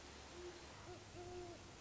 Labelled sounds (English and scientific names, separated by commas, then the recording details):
Great Horned Owl (Bubo virginianus)
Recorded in Sonoma County, California